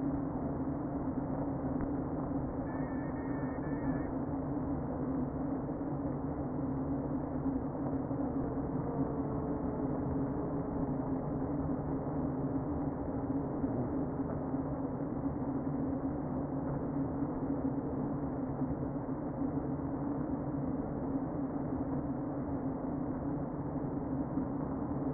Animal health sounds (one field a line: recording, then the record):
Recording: honeybee colony, microphone inside the hive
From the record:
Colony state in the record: queen present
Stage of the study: before two queens were removed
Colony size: about 60,000 bees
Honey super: yes